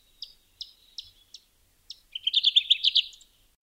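Kirtland's Warbler song: several spaced, sharp chip notes followed by a rapid burst of rich, bubbly notes lasting about a second.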